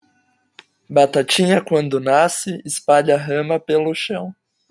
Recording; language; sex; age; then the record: short text; Brazilian Portuguese; male; 20 to 29 years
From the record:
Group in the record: control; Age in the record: 20 years